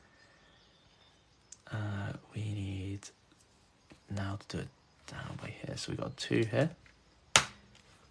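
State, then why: Seated. Someone talks while pushing a plastic LEGO piece down onto two studs of a brick model from the Ambush on Mandalore set. A loud, sharp single click rings out at 7.4 s as the brick seats into place.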